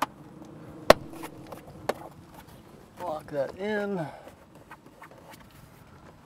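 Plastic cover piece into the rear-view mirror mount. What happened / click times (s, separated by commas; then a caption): The plastic mount cover locked into place / 0.9 s. A plastic cover piece at the rear-view mirror mount base of a 2011 Toyota Prius, fitted during a BlackVue dash cam install, is placed and turned until it locks. A loud, short click sounds at 0.9 s as the cover locks into place, followed by a fainter tap, and then someone talks.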